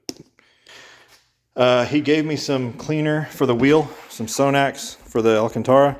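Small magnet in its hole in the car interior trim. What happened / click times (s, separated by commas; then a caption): The small magnet snapped off its mount / 0.1 s. A small, very loose magnet in its hole in a car's interior trim comes off with almost no effort, giving a sharp tap at 0.1 s followed by a few faint clicks. Then someone talks. The magnet is released easily because its hold is super loose.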